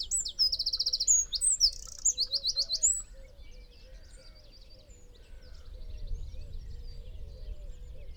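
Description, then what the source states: Eurasian wren song: a loud, very high burst of rapid trills and sharp notes for three seconds, then quieter with faint twittering of other birds over a low hum. Nominate subspecies Troglodytes troglodytes troglodytes.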